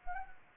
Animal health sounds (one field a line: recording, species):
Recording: mosquito wingbeat signal from an infrared sensor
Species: Anopheles arabiensis